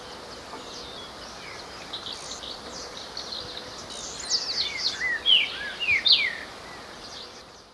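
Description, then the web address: Streaked saltator singing a quick series of thin, sharp whistled notes in the latter part, with faint hiss throughout. In Ecuador. "Birds of Ecuador Streaked Saltator"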